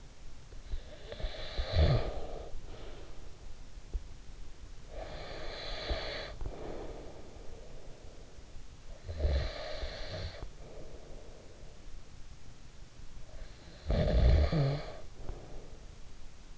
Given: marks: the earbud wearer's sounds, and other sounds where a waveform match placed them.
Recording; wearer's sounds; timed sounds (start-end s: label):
sounds in sleep by an in-ear microphone; snoring breath, breath
0.59-3.45 s: snoring breath
4.54-12.54 s: breath
13.23-16.37 s: snoring breath